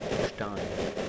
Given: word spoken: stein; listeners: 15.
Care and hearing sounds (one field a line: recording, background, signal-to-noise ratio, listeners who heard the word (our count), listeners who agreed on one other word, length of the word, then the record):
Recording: one English word in noise, from a listening test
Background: noise modulated by three-talker babble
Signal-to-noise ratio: -5.4 dB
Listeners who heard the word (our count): 1 of 15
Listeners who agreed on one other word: 6 of 15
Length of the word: 0.69 s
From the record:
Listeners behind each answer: 6, 2, 2, 1, 1, 1, 1, 1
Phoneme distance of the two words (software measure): 17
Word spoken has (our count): 1 syllable, 4 phonemes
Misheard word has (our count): 1 syllable, 3 phonemes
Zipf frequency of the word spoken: 3.45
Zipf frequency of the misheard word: 6.35